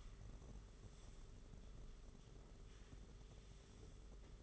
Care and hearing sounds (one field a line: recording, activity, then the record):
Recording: daily activity, microphone in the room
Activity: sweep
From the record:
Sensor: 4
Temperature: 27.1 degrees Celsius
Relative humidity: 38.3%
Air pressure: 992.2 hPa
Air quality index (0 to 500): 110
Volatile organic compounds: 18 ppm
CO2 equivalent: 2631 ppm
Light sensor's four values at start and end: 23/79/29/30 and 23/78/28/30